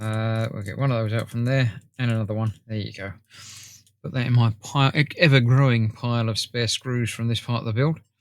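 Someone talks while handling a plastic fender-area part for the front end of a Fanhome 1:8 scale Eleanor model car. The part is being readied to push into position on the front end. Nothing has seated or clicked into place yet.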